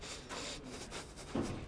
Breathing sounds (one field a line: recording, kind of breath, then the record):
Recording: one breath in and out by a microphone near the nose and mouth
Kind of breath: strong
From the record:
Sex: male